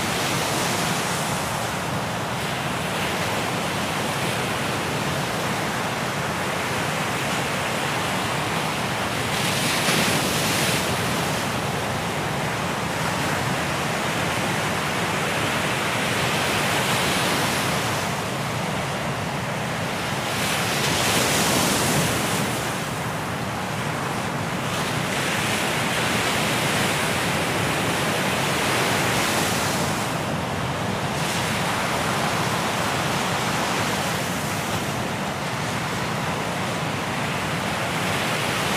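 Waves roll onto the shore in a continuous, dense wash of surf, full. The roar swells and eases every few seconds, with brighter hissing surges around 10, 20 and 30 seconds as waves break and spread.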